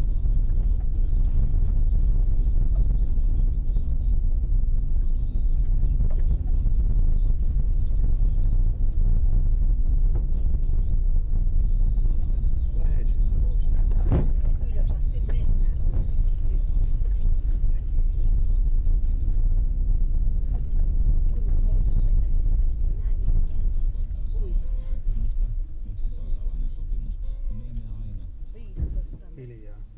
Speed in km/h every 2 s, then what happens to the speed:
23, 24, 25, 24, 26, 25, 23, 21, 22, 25, 21, 14, 7, 0, 0.
0-19 steady at about 24. 19-26 brakes to 0. 26-30 standing.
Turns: none.